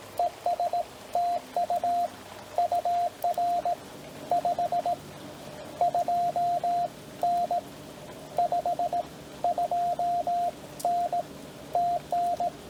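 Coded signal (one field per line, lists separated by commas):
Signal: Morse code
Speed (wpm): 18 wpm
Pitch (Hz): 700 Hz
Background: radio noise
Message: ES TU UR 52N 52N TN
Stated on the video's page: POTA CW callsign copy practice; station uses TR45L Skinny, MC-750 vertical whip with four radials, Palm Radio Pico key, battery power.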